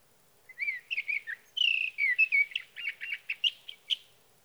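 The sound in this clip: Sage thrasher delivering a continuous warbling song, whistled slides mixing with rapid, clipped buzzy notes for roughly four seconds, quiet surroundings.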